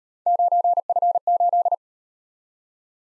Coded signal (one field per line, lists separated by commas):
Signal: Morse code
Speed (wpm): 37 wpm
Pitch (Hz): 700 Hz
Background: none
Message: 9F8